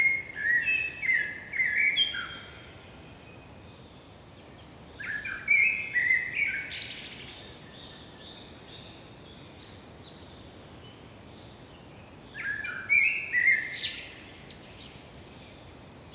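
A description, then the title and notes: Forest birds call in bright, quick bursts of chirps and twittering, arriving in three clusters: at the start, around five to seven seconds, and again near thirteen seconds. Between bursts a soft, steady hush of outdoor air fills the quiet stretches. Hear the Forest Birds Calling.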